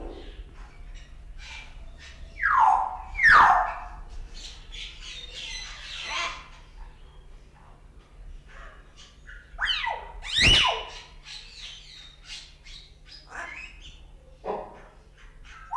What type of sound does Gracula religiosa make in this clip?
call